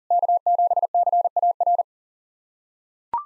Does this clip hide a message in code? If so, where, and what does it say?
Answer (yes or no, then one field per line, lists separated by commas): yes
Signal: Morse code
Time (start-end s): 0.1-1.8 s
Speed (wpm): 40 wpm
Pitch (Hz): 700 Hz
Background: none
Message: K7CAR